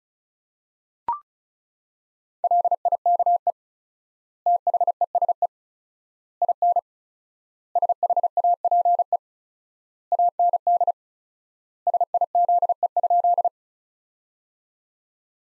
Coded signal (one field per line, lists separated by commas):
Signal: Morse code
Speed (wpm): 36 wpm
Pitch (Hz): 700 Hz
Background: none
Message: LIKE THESE IN SHAPE AND SIZE?